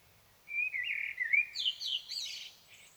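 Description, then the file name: Common blackbird song: a low warbled whistled phrase around the first second, followed by a higher squeaky twittering flourish, over quiet background. "Turdus merula"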